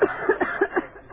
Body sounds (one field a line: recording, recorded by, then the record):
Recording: voluntary cough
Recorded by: telephone call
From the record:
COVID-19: positive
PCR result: checked with the laboratory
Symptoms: yes